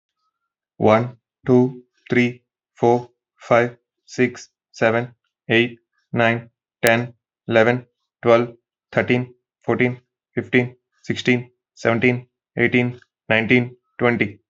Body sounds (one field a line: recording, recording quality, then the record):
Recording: counting at a normal pace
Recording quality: excellent, no background noise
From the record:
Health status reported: healthy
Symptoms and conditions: none ticked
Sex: male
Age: 24 years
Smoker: not ticked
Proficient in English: yes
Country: India